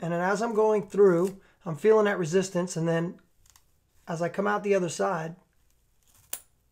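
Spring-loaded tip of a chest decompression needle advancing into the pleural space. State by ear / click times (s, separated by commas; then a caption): seated / 6.3 s. A spring-loaded chest decompression needle is pushed through the chest wall of a training model while someone talks about feeling resistance through the intercostal muscle. At 6.3 s, as the needle breaks through into the pleural space, a short sharp click is heard as its blue spring-loaded safety tip snaps forward, no longer meeting resistance.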